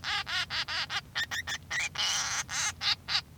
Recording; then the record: song of a male Bengalese finch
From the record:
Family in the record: son of father 3